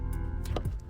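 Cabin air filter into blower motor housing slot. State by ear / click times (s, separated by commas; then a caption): not seated / none. The first cabin air filter is being pushed into the slot in the blower motor cover of a Land Cruiser 100 series (Lexus LX470). Short handling knocks and scrapes at about 0.5 s, 0.6 s and 0.8 s sit over a steady low hum. Nothing has seated or clicked into place yet.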